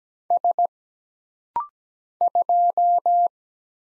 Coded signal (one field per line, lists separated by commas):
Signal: Morse code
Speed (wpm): 17 wpm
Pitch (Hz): 700 Hz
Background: none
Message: S 2